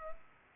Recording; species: mosquito wingbeat signal from an infrared sensor; Culex pipiens